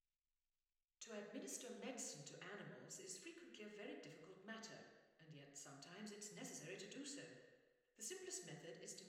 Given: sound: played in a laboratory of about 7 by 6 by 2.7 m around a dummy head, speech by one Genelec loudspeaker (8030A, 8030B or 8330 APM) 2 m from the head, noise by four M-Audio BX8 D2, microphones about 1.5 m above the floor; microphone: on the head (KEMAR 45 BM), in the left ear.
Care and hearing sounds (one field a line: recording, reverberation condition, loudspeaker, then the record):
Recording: female speech in English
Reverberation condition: high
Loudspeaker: 60 degrees to the left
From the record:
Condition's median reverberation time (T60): about 1300 ms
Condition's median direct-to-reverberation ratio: about -4.0 dB